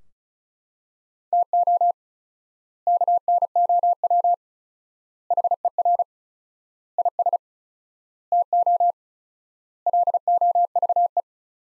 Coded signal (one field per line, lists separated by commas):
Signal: Morse code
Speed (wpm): 36 wpm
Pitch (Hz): 700 Hz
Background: none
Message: TO KNOW HER IS TO LOVE